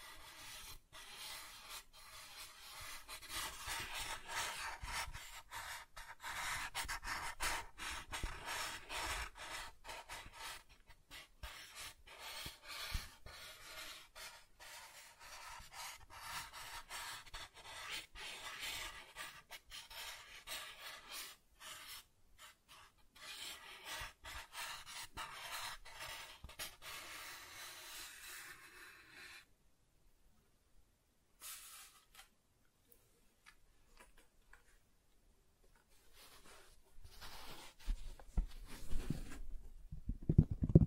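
Soft tracing across a surface makes a dense, even rasping hush for about thirty seconds, then sparse scratches with a louder rumbling close.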